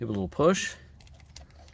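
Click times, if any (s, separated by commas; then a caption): 1.4 s. A new ignition key cylinder for a 1975 Cadillac, with its key inserted and turned slightly so the metal wafers line up with the groove, is pushed into the steering column lock housing. Someone talks briefly, then faint small clicks are heard, with a sharper click at 1.4 s as the cylinder snaps into place. The cylinder is seated correctly.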